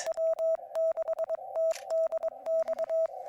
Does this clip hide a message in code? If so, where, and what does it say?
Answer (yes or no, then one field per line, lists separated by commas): yes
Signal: Morse code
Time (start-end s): 0.1-3.1 s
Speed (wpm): 21 wpm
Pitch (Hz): 650 Hz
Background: none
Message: W6TDX